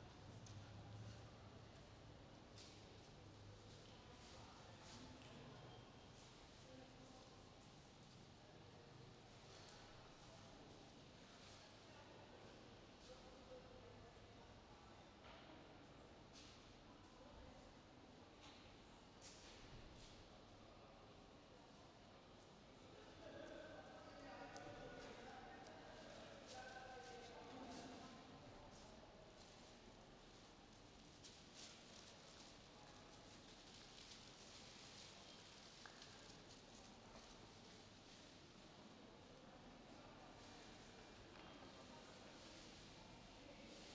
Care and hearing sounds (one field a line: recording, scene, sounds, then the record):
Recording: everyday scene through a hearing-aid microphone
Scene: reverberant space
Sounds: background noise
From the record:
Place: railway station hall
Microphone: in the ear canal, left